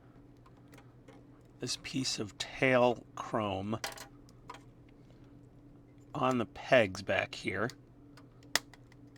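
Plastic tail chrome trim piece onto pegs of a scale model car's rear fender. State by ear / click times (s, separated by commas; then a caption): seated / 8.6 s. A plastic chrome-plated tail trim piece from a 1:8 scale Ghostbusters Ecto-1 model kit is pressed onto locating pegs on the rear fender. Someone talks, there are small faint taps, and then a sharp, loud snap at 8.6 s. The piece is seated on the pegs.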